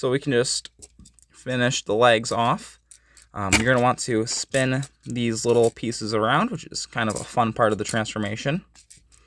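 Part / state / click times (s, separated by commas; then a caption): rotating leg piece on a plastic transforming action figure / not seated / none. Someone talks while handling the rotating leg pieces on a plastic transforming action figure, spinning the small pieces around to finish the legs during its transformation. Two faint, brief ticks come near the end, around 8.9 s and 9.1 s. Nothing has seated or locked in place yet.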